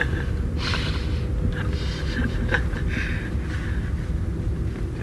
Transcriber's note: laughter